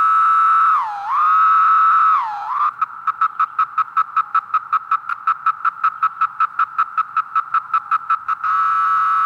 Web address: The Songs of Insects. Linnaeus's 17-year Cicada